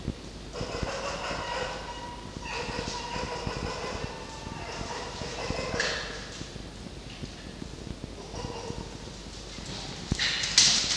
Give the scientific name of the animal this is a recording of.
Vulpes vulpes